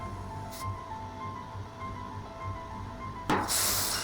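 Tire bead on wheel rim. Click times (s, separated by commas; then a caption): 3.3 s. A new, stiff 305/30R19 tire on a widened wheel is inflated while a steady low hum with faint tones plays underneath. At 3.3 s the first rubber bead pops out with a sharp bang and seats against the metal rim lip, followed by a loud, bright rush of hissing air.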